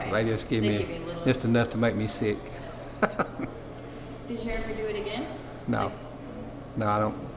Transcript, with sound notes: I guess just give me just enough to make me sick. [Laughs]
Did you ever do it again?
No. No, I don't